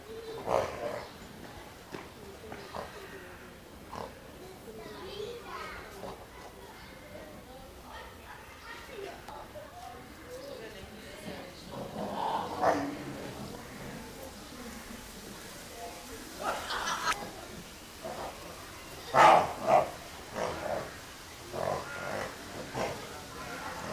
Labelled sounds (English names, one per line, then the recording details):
Jaguar call
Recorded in captivity
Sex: male
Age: adult
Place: Zoo Berlin, Berlin, DE
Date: 1997-10-18 13:53
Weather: sunny, 12-15°C
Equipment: Nagra SN, Kopie Uher 4000 Report Monitor
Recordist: Tembrock, Günter